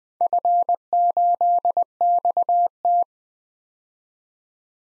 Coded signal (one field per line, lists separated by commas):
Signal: Morse code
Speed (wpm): 20 wpm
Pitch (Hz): 700 Hz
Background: none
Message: F8XT